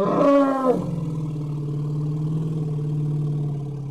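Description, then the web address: Elephant call: a short, harsh, harmonic blare, then a long, steady, deep tonal rumble that continues to the end. "animal sounds elephant"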